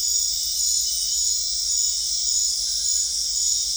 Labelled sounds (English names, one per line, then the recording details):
none
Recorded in dense forest near Puerto Asís, Putumayo, Colombia, on 20 December 2024 at 20:00
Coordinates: 0.485, -76.318
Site GP03